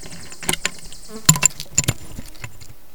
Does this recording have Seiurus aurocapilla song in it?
no